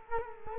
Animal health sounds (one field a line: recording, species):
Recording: mosquito wingbeat signal from an infrared sensor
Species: Culex quinquefasciatus